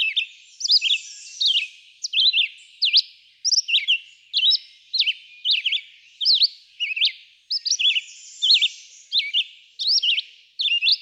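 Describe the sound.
Red-eyed vireo giving a continuous run of short whistled phrases, some rising and some dropping, spaced by brief pauses.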